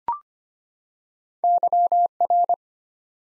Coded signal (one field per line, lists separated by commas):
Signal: Morse code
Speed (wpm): 25 wpm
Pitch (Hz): 700 Hz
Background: none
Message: YR